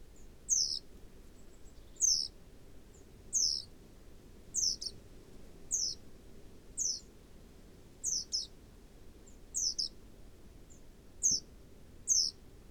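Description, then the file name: Great tit giving sharp, high descending call notes, each brief, repeated about every second or so, with quiet low background noise. "Parus major"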